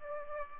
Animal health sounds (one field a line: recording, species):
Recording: mosquito wingbeat signal from an infrared sensor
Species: Aedes aegypti